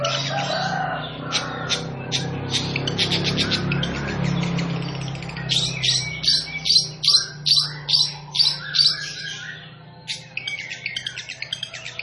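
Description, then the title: Long-tailed shrike song: scattered high chirps over a steady low hum, then a loud series of ringing, scratchy notes repeated two or three times a second. Singing bird described as 'gacor', a local term for a bird in full, vigorous song. "Cendet Gacor"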